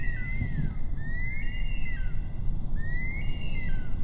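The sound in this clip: Bush stone-curlew eerie wailing, long whistles that climb and then slide down, given one after another, with short hissy bursts.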